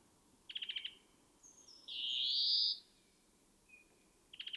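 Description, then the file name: European greenfinch: a quick rattling trill, then a loud, nasal, rising wheeze lasting nearly a second, a faint thin note, and another trill at the end. "Chloris chloris"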